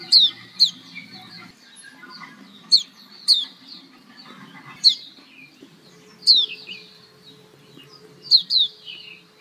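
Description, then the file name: White-eye producing bright, quick falling chirps, singly and in pairs, over a low rumbling background noise. Female. "pleci betina"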